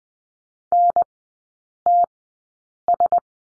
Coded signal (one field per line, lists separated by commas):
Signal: Morse code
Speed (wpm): 20 wpm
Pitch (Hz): 700 Hz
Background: none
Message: NTS